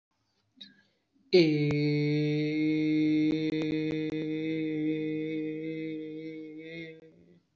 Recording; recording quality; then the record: sustained vowel as in made; excellent, no background noise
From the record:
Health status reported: respiratory illness, not identified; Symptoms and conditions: hypertension, diabetes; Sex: male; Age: 31 years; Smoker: not ticked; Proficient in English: yes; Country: India